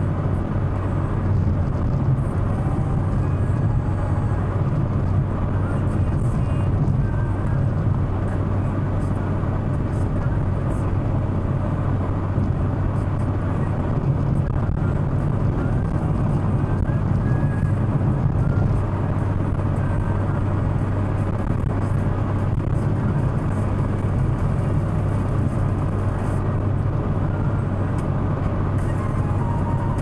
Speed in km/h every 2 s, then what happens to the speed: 109, 109, 110, 111, 110, 109, 110, 111, 112, 112, 113, 113, 113, 112, 111.
0-30 steady at about 111.